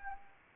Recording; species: mosquito wingbeat signal from an infrared sensor; Anopheles arabiensis